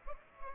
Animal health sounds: mosquito wingbeat signal from an infrared sensor; Culex pipiens

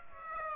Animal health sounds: mosquito wingbeat signal from an infrared sensor; Aedes aegypti

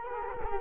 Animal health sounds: mosquito wingbeat signal from an infrared sensor; Culex quinquefasciatus

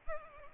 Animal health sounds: mosquito wingbeat signal from an infrared sensor; Aedes aegypti

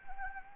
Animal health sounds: mosquito wingbeat signal from an infrared sensor; Anopheles gambiae

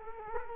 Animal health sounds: mosquito wingbeat signal from an infrared sensor; Culex quinquefasciatus

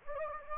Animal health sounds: mosquito wingbeat signal from an infrared sensor; Anopheles gambiae

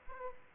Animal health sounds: mosquito wingbeat signal from an infrared sensor; Aedes aegypti

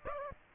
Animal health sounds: mosquito wingbeat signal from an infrared sensor; Aedes aegypti

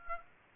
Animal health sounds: mosquito wingbeat signal from an infrared sensor; Aedes aegypti

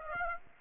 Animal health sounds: mosquito wingbeat signal from an infrared sensor; Aedes aegypti

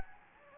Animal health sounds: mosquito wingbeat signal from an infrared sensor; Anopheles gambiae

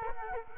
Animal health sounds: mosquito wingbeat signal from an infrared sensor; Culex quinquefasciatus

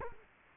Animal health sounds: mosquito wingbeat signal from an infrared sensor; Culex quinquefasciatus

